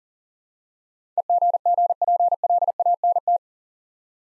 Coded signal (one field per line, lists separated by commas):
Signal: Morse code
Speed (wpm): 40 wpm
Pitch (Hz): 700 Hz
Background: none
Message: EGGPLANT